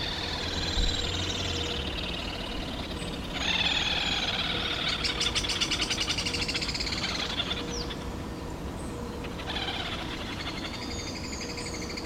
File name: Canto do mergulhao pequeno